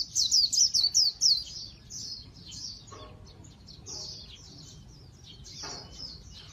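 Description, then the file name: White-eye calling with a fast burst of high, sliding chirps, then softer thin notes continuing over a steady low background rumble. "tieng khuyen liu"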